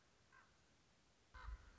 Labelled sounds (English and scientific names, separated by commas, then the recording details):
Common Raven (Corvus corax)
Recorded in Sonoma County, California